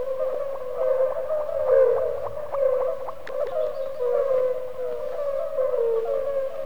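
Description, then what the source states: European fire-bellied toads calling without break, gentle hollow notes blending into a constant hum, overlaid by quick ticking pulses and a few sharp clicks. Calling without pause in pools left after the spring river flood, beside a river island, central Russia.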